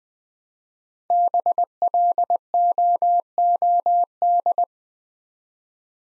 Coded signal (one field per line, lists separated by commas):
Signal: Morse code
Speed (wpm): 20 wpm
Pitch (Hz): 700 Hz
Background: none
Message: BLOOD